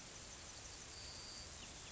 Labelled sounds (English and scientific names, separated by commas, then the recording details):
Yellowhammer (Emberiza citrinella) song
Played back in grassland
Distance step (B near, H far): G
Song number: 121